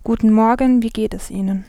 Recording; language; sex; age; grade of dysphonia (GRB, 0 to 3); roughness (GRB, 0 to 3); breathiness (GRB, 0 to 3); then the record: spoken sentence; German; female; 18 to 19 years; 0; 0; 0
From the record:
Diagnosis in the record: healthy voice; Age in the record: 18 years